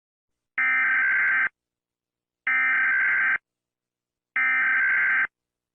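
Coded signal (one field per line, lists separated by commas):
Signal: Emergency Alert System (SAME) tones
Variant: header bursts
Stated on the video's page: Fictional EAS scenario; the SAME tones are a simulated alert, not a real broadcast.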